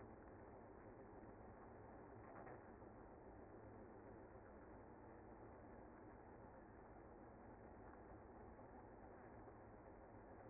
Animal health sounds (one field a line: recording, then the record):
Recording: honeybee colony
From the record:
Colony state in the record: active